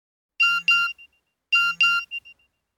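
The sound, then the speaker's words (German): A phone's text message alert sounds twice: each time a pair of bright electronic chimes over a low hum, followed by a couple of quick fading blips, with no voices. “Seine letzte SMS war kurz und telegrafisch.”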